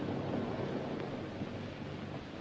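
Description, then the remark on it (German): The twin propeller engines of a twin-engine Junkers airplane rolling slowly over an airfield drone steadily, a low throbbing hum layered over a constant windy rush, holding at an even loudness throughout with no voices. “Die Motoren brummen immer wieder auf.”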